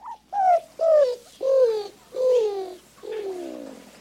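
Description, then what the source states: Greater Roadrunner giving a series of five dovelike coos, each sliding downward in pitch and spaced increasingly apart, from about half a second to nearly a second, the last one softer and longer. State bird of New Mexico; called a quirky emblem of the Southwest.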